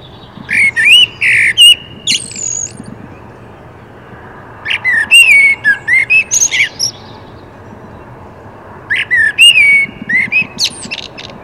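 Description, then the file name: Common blackbird song: three phrases of flute-like whistles each followed by thin squeaky twittering, repeated about every four seconds. "Turdus merula"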